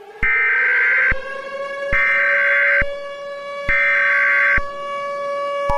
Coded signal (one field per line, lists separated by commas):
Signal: Emergency Alert System (SAME) tones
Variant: header bursts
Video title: EAS Scenario: TV Adware & Bray Wyatt